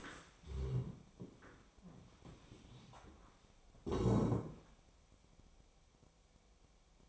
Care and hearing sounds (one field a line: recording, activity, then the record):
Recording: daily activity, microphone in the room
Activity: stand up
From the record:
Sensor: 1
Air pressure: 1000.5 hPa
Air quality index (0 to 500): 175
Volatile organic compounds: 4 ppm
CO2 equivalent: 1619 ppm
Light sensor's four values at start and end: 11/27/11/12 and 11/27/11/12